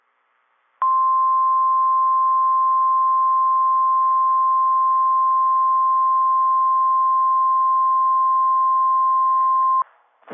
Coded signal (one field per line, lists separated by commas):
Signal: Emergency Alert System (SAME) tones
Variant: 1050 Hz attention tone